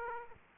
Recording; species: mosquito wingbeat signal from an infrared sensor; Aedes aegypti